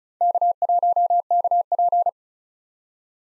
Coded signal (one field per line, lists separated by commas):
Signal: Morse code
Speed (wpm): 47 wpm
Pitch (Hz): 700 Hz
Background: none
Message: K1KP